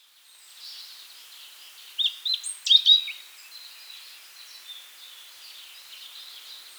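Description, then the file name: European robin song, a brief burst of high thin warbled notes and trills around two to three seconds in, then quiet hiss. "Erithacus rubecula"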